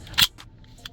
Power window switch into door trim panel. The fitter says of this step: reverse of removal you're going to put it in and make sure you hear a click